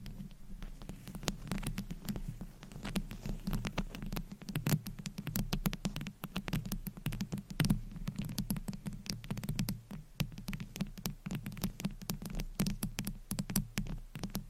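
Long nails scratch and tap against a microphone in a dense, continuous patter of fine clicks and rasps. The ticks come rapidly and unevenly throughout, over a steady low rumble, with slightly louder bursts around the fifth, eighth and tenth seconds.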